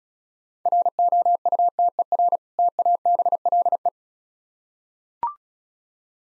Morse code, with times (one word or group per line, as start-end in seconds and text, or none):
0.7-2.4 ROUTER
2.6-3.9 TABLE